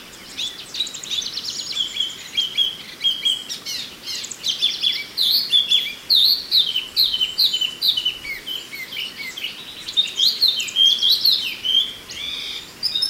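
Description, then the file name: Chinese hwamei song: a rapid stream of varied whistled notes and slurred phrases, some repeated several times, over steady background hiss. "suara alam hwamei"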